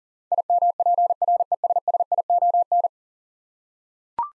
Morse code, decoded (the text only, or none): IMPRESSION